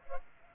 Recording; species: mosquito wingbeat signal from an infrared sensor; Culex pipiens